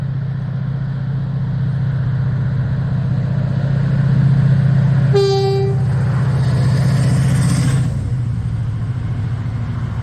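Train 1R17 leaves Warwick hauled by 68021, a steady low diesel drone throbbing throughout and swelling a little around the middle. Around five seconds a short, clear horn-like tone sounds, followed by a brighter rushing hiss that fades near eight seconds.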